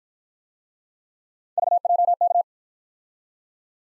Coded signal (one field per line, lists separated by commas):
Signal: Morse code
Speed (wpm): 54 wpm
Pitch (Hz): 700 Hz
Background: none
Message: VJK